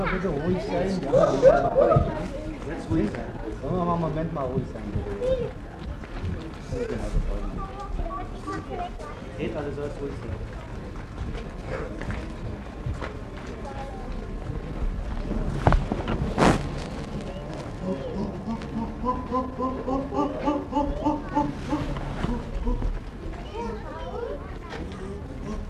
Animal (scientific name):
Pan troglodytes